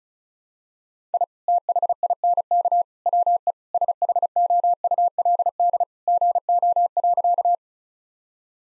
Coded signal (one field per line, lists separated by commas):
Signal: Morse code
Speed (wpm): 36 wpm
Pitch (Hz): 700 Hz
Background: none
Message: I THINK WE SHOULD GO.